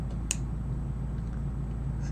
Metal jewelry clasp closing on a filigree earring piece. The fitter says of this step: And I'm going to close this. You should hear that click.